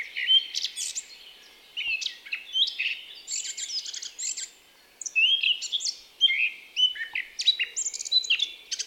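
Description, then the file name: Eurasian blackcap giving a varied, hurried warble of squeaky and trilled notes, broken by a few brief silences. "Sylvia atricapilla"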